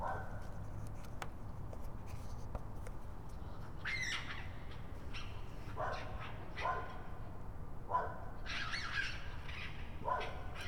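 Raccoon chittering calls, short harsh harmonic bursts repeated about once a second or two over steady low rumble, with faint clicks early on.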